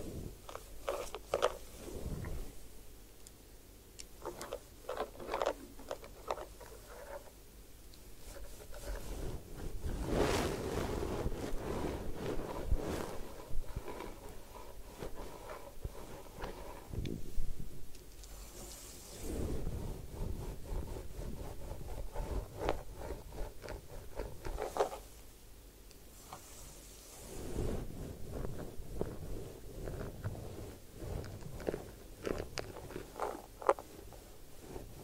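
Sounds from a head spa hair wash and massage: a busy run of soft rubbing, scratching and wet squishing, with frequent short clicks and taps. Louder gushes like running water come around ten seconds, near eighteen seconds, and again near twenty-six seconds.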